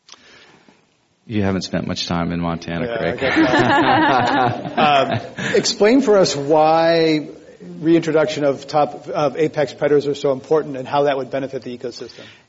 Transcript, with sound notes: You haven’t spent much time in Montana, Greg. [Laughter]
Explain for us why reintroductions of apex predators are so important and how that would benefit the ecosystem.